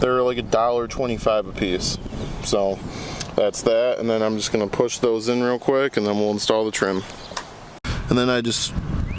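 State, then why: Seated. A plastic retaining clip for the window drip rail trim on a BMW E92 is levered into its mount by prying up hard with a screwdriver, and it pops into place with a sharp click at 7.4 s. Someone talks throughout the clip. The clip is seated.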